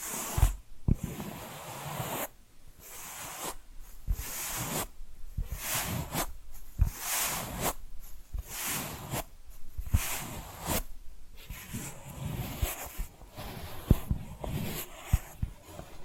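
Tapping and scratching sounds, with bursts of bright rasping alternating with sharp taps roughly every second, steady throughout the clip.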